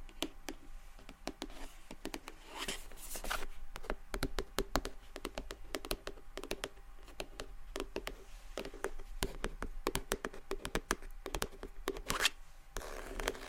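Soft, gentle tapping and scratching continues throughout, made up of many quick, crisp taps that come irregularly and densely, sometimes in brief flurries. Faint scratchy rustling fills the gaps, and a few sharper, brighter taps stand out around 3 and 12 seconds.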